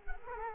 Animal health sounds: mosquito wingbeat signal from an infrared sensor; Culex quinquefasciatus

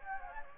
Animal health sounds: mosquito wingbeat signal from an infrared sensor; Anopheles gambiae

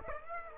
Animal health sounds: mosquito wingbeat signal from an infrared sensor; Aedes aegypti

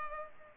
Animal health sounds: mosquito wingbeat signal from an infrared sensor; Culex pipiens

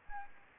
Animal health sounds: mosquito wingbeat signal from an infrared sensor; Aedes aegypti

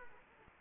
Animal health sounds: mosquito wingbeat signal from an infrared sensor; Anopheles arabiensis

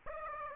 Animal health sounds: mosquito wingbeat signal from an infrared sensor; Aedes aegypti

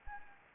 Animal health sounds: mosquito wingbeat signal from an infrared sensor; Anopheles gambiae

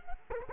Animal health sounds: mosquito wingbeat signal from an infrared sensor; Culex quinquefasciatus

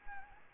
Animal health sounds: mosquito wingbeat signal from an infrared sensor; Anopheles gambiae

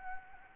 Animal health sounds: mosquito wingbeat signal from an infrared sensor; Anopheles gambiae

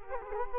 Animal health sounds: mosquito wingbeat signal from an infrared sensor; Culex quinquefasciatus

